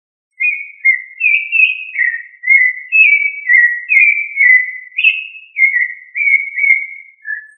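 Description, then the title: Thrush singing a continuous series of varied whistled notes at a brisk pace, with no other sounds. "Familia Turdidae - Sabia"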